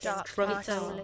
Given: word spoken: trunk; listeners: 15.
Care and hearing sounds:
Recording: one English word in noise, from a listening test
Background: four-talker babble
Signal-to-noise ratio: 0.1 dB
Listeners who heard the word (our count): 0 of 15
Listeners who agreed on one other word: 6 of 15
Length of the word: 0.64 s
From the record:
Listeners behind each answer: 6, 4, 1, 1, 1, 1, 1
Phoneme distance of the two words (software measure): 34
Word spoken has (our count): 1 syllable, 5 phonemes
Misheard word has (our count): 1 syllable, 3 phonemes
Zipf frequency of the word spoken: 3.93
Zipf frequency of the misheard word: 4.94

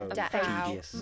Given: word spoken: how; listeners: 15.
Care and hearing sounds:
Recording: one English word in noise, from a listening test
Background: four-talker babble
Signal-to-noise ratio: -2.5 dB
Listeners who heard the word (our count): 0 of 15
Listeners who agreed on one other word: 6 of 15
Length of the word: 0.62 s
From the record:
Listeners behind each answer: 6, 3, 2, 1, 1, 1, 1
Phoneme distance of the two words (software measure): 41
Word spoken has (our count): 1 syllable, 2 phonemes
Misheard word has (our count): 2 syllables, 5 phonemes, stress on syllable 2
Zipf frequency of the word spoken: 6.33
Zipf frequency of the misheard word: 3.82

